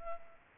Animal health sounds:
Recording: mosquito wingbeat signal from an infrared sensor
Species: Culex pipiens

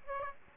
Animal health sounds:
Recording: mosquito wingbeat signal from an infrared sensor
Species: Aedes aegypti

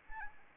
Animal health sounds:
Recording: mosquito wingbeat signal from an infrared sensor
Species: Anopheles arabiensis

